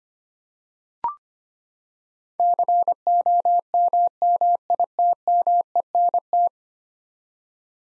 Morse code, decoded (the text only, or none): COMMITMENT